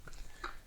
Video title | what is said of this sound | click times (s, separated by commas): This Should be Your "Next LED" Underhood Light! Very Versatile and Bright Light! | pull it apart. It's going to lock into place. | 0.4 s